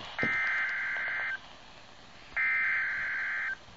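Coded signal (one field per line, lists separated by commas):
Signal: Emergency Alert System (SAME) tones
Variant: header bursts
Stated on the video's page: Severe thunderstorm warning received from a nearby NOAA Weather Radio station.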